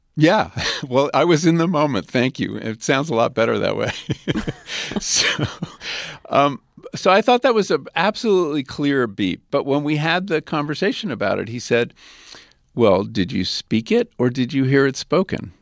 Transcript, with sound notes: Well, I was in the moment. Thank you. It sounds a lot better that way.
(LAUGHTER)
So I thought that was an absolutely clear beep. But when we had the conversation about it, he said, well, did you speak it or did you hear it spoken?